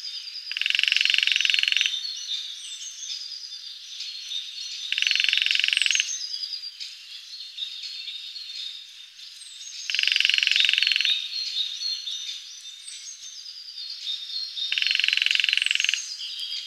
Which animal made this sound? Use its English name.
Lesser Spotted Woodpecker